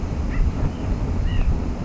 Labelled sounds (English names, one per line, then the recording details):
White-breasted Nuthatch
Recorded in Sonoma County, California